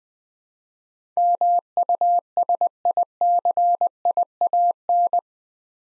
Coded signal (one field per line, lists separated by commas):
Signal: Morse code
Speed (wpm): 20 wpm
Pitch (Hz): 700 Hz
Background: none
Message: MUSICIAN